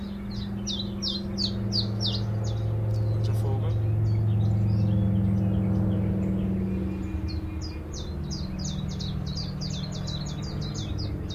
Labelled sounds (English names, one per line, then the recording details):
Willow Warbler
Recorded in captivity
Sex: male
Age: adult
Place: Volierenanlage, Zoologisches Institut Universität Tübingen, Baden-Württemberg, DE
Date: 1966-06-15
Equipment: Nagra III PH, MD 421, LGS26
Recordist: Schneider, Hans-Joachim